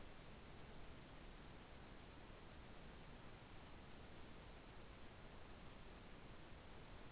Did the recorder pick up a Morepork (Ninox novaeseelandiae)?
no